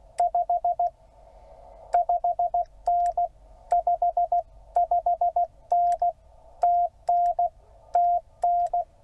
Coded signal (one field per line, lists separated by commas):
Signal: Morse code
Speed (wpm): 16 wpm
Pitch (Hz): 700 Hz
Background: none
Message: 5 5N 55N TN TN